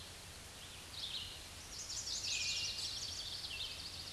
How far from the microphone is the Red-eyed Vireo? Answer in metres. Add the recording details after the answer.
about 45 m. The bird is about 20 m above the microphone. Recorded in a Pennsylvania forest on 16 May 2024 at 06:37. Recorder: AudioMoth, point MSD-0814. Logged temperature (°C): 15.8 °C. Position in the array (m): 164 m, 71 m